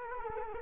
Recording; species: mosquito wingbeat signal from an infrared sensor; Culex quinquefasciatus